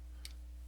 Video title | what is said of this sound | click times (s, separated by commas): [unboxing] LuPat Catch-up! (Part 2: Meh) | in place for some reason okay and then snap | 0.2 s